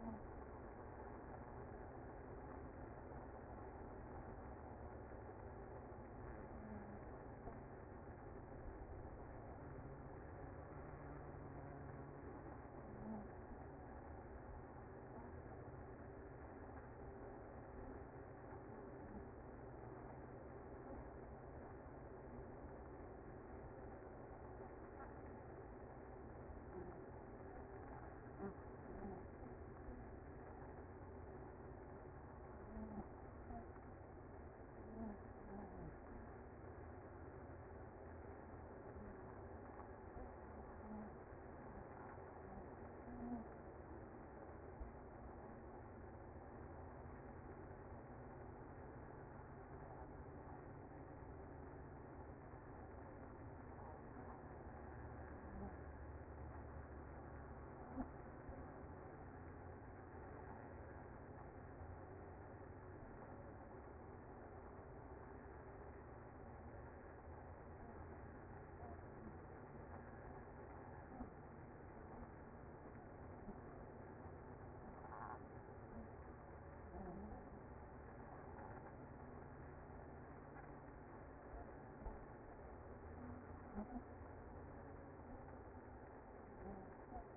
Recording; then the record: honeybee colony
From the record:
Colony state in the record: active